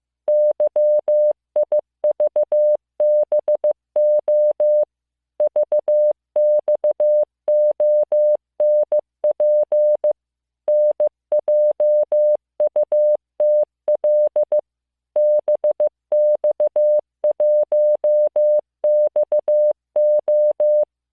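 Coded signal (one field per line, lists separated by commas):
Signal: Morse code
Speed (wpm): 15 wpm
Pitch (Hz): 600 Hz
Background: music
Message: YIVBO VXONP NJUTL BX1XO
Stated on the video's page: Morse listening practice of random five-character groups of letters, numbers and punctuation.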